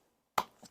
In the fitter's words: just grab on one side, push in until you hear it click.